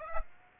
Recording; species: mosquito wingbeat signal from an infrared sensor; Aedes aegypti